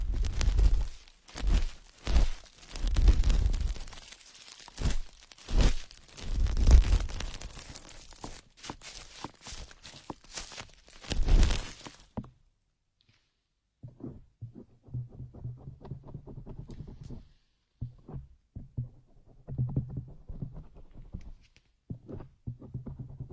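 Ear picking sounds, first as heavy, muffled rubbing and thumping bursts that swell and fade about every second for twelve seconds. After a short silence the method changes to quieter, finer scratching and crackling with a low rumble, coming in short irregular runs.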